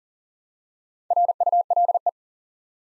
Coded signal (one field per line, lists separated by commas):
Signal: Morse code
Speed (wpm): 40 wpm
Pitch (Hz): 700 Hz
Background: none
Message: RULE